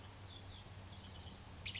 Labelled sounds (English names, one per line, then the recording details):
California Towhee
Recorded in Sonoma County, California